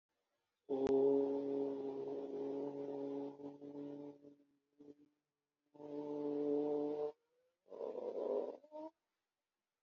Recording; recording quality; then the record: sustained vowel as in boot; excellent, no background noise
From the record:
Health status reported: exposed to COVID-19, no respiratory illness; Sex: male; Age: 42 years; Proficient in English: yes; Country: India